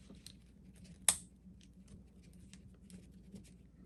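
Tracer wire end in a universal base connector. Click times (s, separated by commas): 1.1 s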